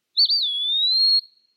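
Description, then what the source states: Eastern Wood-Pewee singing one clear, high whistled phrase: a brief dip, then a long, slightly rising sustained note lasting about a second. Eastern wood pewee, a flycatcher given as an example of an indicator species that depends on clean water and the food it produces.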